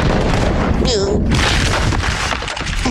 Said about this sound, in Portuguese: O esquilo olha em direção à barragem. O gelo racha.